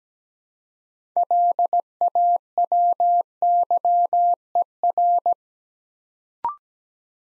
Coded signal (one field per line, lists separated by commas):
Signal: Morse code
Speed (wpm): 17 wpm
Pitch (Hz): 700 Hz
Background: none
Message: LAWYER